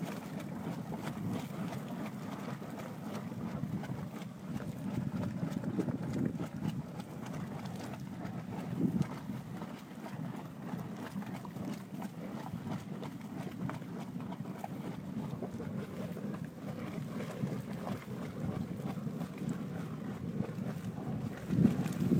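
Beside a hot spring in a geyser basin, a steady low rumble and wind-like rush fill the whole clip, swelling slightly around five to seven seconds. Faint ticks and crackles scatter throughout, with a sharper knock right at the end.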